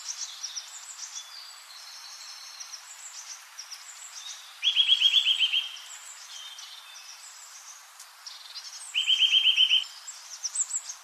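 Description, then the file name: Eurasian nuthatch calling with two rapid, evenly pulsed trills several seconds apart, while other birds twitter softly and continuously in the background. "Sitta europaea"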